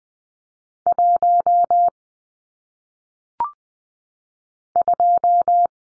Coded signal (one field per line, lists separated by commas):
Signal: Morse code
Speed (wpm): 20 wpm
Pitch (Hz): 700 Hz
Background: none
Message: 1 2